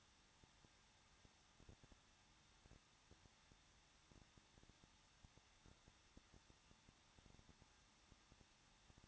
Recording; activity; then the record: daily activity, microphone in the room; no activity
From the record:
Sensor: 3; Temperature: 21.2 degrees Celsius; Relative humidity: 36.2%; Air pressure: 1006.4 hPa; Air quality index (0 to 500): 221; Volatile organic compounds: 40 ppm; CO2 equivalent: 3145 ppm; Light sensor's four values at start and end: 2/3/2/2 and 2/3/2/2